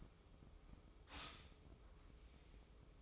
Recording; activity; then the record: daily activity, microphone in the room; stop toaster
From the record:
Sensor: 1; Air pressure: 995.3 hPa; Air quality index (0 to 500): 25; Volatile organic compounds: 1 ppm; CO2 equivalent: 507 ppm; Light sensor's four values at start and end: 18/58/21/23 and 18/59/21/23